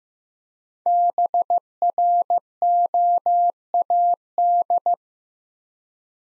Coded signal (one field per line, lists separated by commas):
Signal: Morse code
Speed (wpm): 15 wpm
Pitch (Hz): 700 Hz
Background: none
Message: BROAD